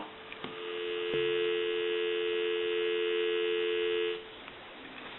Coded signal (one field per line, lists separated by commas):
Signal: telephone call progress tone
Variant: North America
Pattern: dial tone